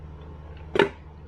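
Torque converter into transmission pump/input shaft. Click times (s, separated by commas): 0.8 s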